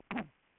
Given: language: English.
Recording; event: throat vibration sensor signal played as sound; throat clearing